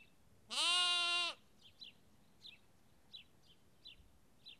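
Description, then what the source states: Sheep: a single strong lamb bleat, short and harmonic, followed by a string of soft high chirps from small birds. Lamb, recorded at Kakopetria, Cyprus.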